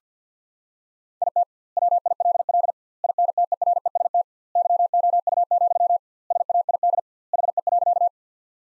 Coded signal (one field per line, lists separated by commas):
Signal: Morse code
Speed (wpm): 50 wpm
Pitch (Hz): 700 Hz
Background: none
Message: IT WILL INTEREST YOU, SAID HE.